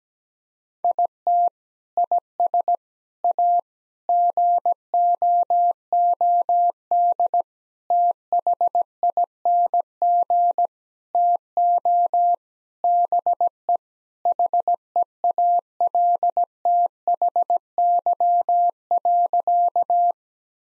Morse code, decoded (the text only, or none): IT IS A GOOD THING TO BE HEALTHY.